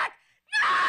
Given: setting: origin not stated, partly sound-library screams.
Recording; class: one-second piece from a danger detection set; woman in danger